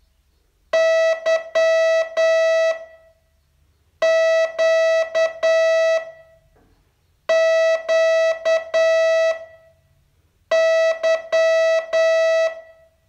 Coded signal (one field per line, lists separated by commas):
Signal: Morse code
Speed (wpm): 9 wpm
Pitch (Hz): 650 Hz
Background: none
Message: Y Q Q Y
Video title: Learn Morse in 42 Days from VU2LAU - day 31